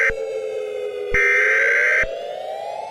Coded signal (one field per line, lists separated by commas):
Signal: Emergency Alert System (SAME) tones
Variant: header bursts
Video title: eas scenario: A Quiet Place